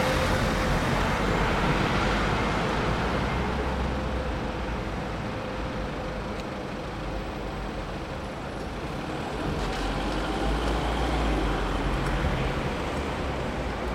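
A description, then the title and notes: A London street corner with a steady, dense rumble of traffic, low engine drone throughout, and a brief brighter swell near ten seconds. Mortimer Street London. Waiting on the corner of Mortimer Street and Berners Street to kill some time, or rather, make a field recording. The location of the recording is in the street.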